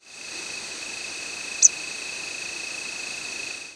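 Wilson's warbler giving a single short, high chip note once, set against a continuous high insect hum.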